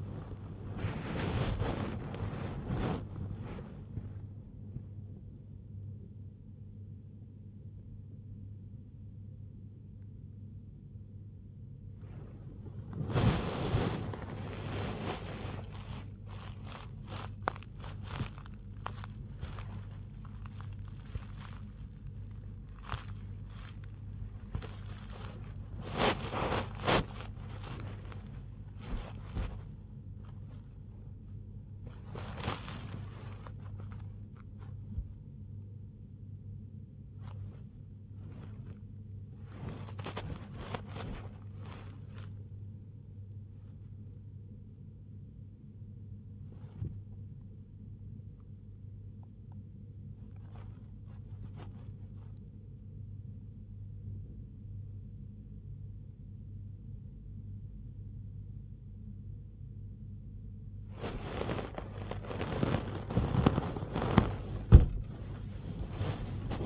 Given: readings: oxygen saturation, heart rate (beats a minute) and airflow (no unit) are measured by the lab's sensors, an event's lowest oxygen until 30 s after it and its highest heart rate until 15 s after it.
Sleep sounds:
a person awake in a sleep study, by a smartphone at the bedside; none
0.00-66.66 s: awake
From the record:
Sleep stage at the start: awake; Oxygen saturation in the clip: 94 to 97%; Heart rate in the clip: 79 to 99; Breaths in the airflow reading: 20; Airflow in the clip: -4.2 to 4.5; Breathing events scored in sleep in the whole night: 158 in 7.3 hours asleep

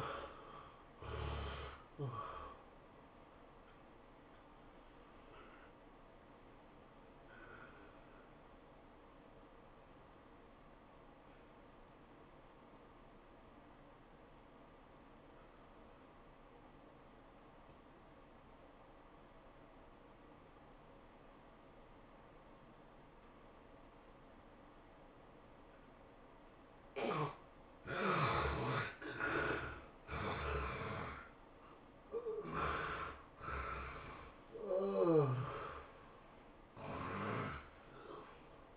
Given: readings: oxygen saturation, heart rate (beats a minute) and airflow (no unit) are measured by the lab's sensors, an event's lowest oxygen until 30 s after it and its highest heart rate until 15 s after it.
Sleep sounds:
breathing in sleep by a voice recorder at the bedside; 1
4.00-27.60 s: hypopnea (N1, oxygen 94% highest, then 72% lowest, heart rate 108 at the start, 108 highest)
From the record:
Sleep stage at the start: N1 (lightest sleep); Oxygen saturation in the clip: 70 to 94%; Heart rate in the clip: 83 to 108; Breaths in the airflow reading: 7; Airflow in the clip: -18.1 to 13.8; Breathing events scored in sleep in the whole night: 403 in 5.5 hours asleep

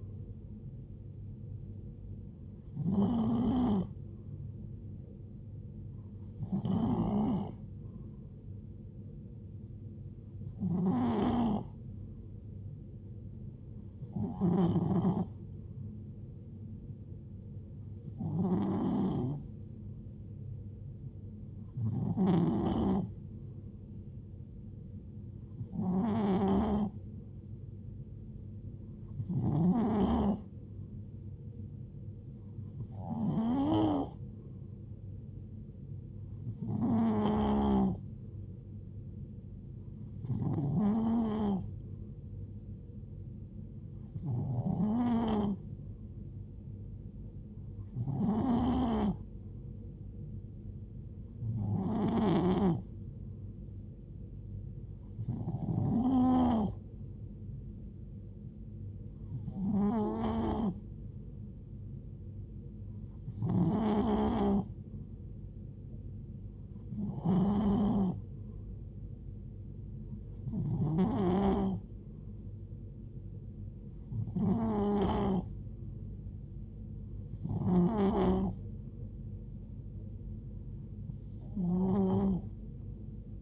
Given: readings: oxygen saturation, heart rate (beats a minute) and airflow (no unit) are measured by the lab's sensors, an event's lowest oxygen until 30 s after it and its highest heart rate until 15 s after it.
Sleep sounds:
breathing in sleep by a smartphone at the bedside; none
48.00-83.42 s: new sleep stage, N3 (deep sleep)
From the record:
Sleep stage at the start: N2 (light sleep); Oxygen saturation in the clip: 91 to 93%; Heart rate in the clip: 66 to 74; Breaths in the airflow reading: 21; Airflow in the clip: -4.6 to 2.4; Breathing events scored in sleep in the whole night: 389 in 6.3 hours asleep

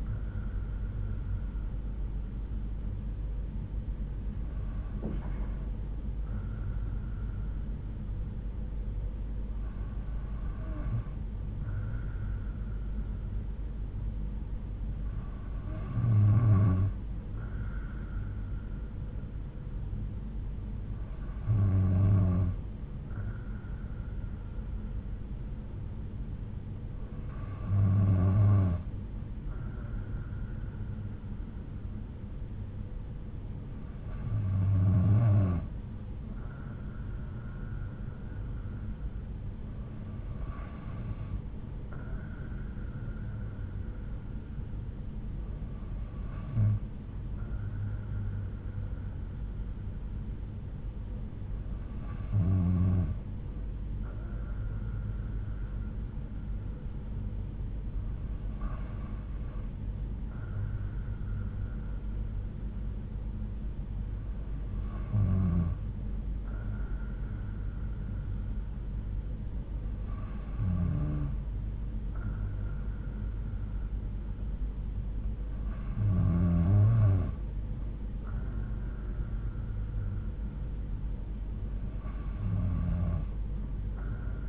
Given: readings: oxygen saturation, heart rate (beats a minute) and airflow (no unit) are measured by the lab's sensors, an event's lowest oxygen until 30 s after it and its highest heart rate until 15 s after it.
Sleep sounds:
breathing in sleep by a smartphone at the bedside; none
none scored
From the record:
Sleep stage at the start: N2 (light sleep); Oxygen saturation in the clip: 92 to 93%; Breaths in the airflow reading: 14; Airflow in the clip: -4.4 to 3.5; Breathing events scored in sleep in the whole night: 368 in 8.0 hours asleep

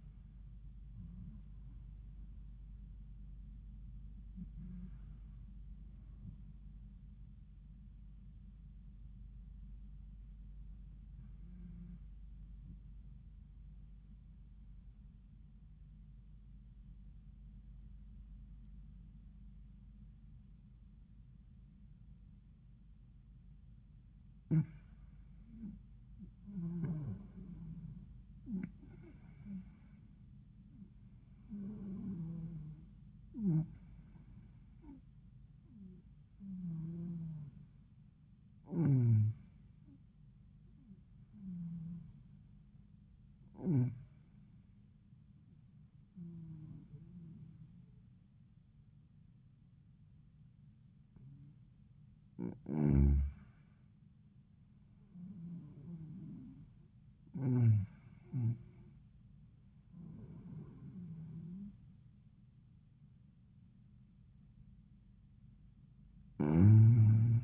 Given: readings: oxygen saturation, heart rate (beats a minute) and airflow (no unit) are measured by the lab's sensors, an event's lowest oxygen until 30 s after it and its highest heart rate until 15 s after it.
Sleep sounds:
breathing in sleep by a smartphone at the bedside; 1
14.00-25.50 s: hypopnea (N1, oxygen 96% highest, then 90% lowest, heart rate 88 at the start, 88 highest)
From the record:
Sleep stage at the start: N1 (lightest sleep); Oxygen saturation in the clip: 90 to 96%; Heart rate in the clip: 80 to 90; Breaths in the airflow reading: 12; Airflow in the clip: -11.7 to 14.7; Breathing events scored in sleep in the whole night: 400 in 8.7 hours asleep

